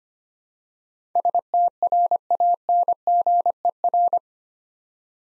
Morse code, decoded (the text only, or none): STRANGER